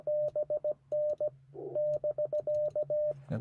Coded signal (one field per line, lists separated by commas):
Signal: Morse code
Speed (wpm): 17 wpm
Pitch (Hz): 600 Hz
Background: radio noise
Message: BN <BK>